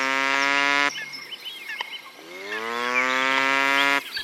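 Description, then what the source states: Coypu alarm calls: a loud, droning harmonic moan held almost a second, then after a pause a second long call rising slightly and sustained about two seconds, with faint chirps behind. Coypu alarm calls at 3 a.m. on a November night at the Étang de la Horre, Champagne-Ardenne; animal in the water a few metres away, coming closer; first mistaken for an engine.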